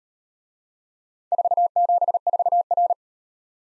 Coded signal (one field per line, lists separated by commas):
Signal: Morse code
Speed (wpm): 38 wpm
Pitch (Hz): 700 Hz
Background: none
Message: 474R